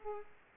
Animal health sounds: mosquito wingbeat signal from an infrared sensor; Aedes aegypti

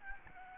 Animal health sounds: mosquito wingbeat signal from an infrared sensor; Aedes albopictus

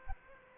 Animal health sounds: mosquito wingbeat signal from an infrared sensor; Aedes aegypti

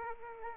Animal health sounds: mosquito wingbeat signal from an infrared sensor; Aedes aegypti

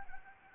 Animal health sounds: mosquito wingbeat signal from an infrared sensor; Anopheles arabiensis

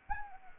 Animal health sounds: mosquito wingbeat signal from an infrared sensor; Anopheles arabiensis

